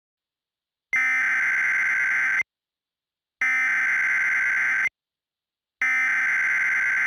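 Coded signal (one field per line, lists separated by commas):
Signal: Emergency Alert System (SAME) tones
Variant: header bursts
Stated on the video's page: Fictional EAS scenario.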